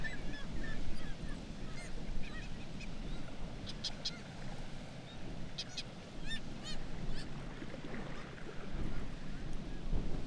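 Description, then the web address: Black-legged kittiwake calls, scattered short harsh notes and arched cries over constant low rushing noise. "Black legged kittiwake. صدای-پرنده-کاکایی-پاسیاه"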